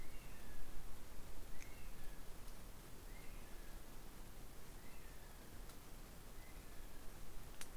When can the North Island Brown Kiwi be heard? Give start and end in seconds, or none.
0.00-7.34